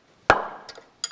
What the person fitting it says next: Yeah, that 45 ft-lb click. Hear that?